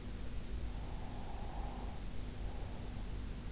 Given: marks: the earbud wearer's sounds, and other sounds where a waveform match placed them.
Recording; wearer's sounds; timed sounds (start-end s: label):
sounds in sleep by an in-ear microphone; breath
1.01-3.01 s: breath